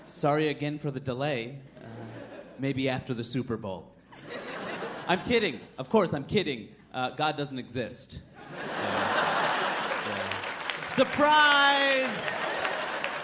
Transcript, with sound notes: sorry again for the delay. Maybe after the Super Bowl.
(LAUGHTER)
I'm kidding. Of course, I'm kidding. God doesn't exist. Surprise.